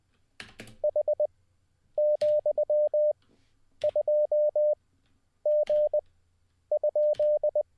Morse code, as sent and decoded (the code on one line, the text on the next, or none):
.... --..-- ..--- --. ..--..
H,2G?